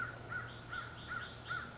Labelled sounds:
American Crow
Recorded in Sonoma County, California

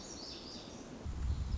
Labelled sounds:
Lazuli Bunting
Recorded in Sonoma County, California

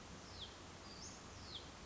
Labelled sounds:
Western Flycatcher
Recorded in Sonoma County, California

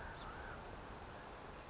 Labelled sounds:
Song Sparrow
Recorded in Sonoma County, California

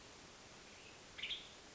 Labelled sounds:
Western Tanager
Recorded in Sonoma County, California

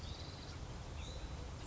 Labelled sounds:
Hutton's Vireo
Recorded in Sonoma County, California

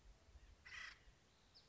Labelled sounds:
Acorn Woodpecker
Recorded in Sonoma County, California

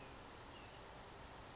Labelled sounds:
California Towhee
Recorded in Sonoma County, California

